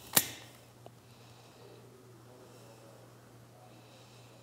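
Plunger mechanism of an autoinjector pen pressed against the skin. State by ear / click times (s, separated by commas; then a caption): not seated / none. A prefilled autoinjector pen's plunger mechanism is handled while the pen is held flat against the skin. A sharp snap-like transient comes near the start and a faint tick follows, over a steady low hum with no talk. Nothing has clicked or seated yet, and the second click that signals the injection is complete is not heard.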